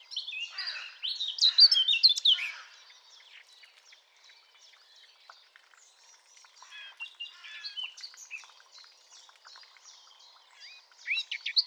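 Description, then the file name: Eurasian blackcap song, a loud, hurried burst of varied warbling notes at the start, followed by a long stretch of fainter, scattered chirps and twitters. "Sylvia atricapilla"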